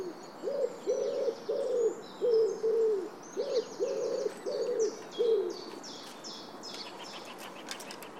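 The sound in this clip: Bird: a series of mellow hooting notes comes in quick succession for about five seconds, then stops while thin, higher chirping from other birds continues.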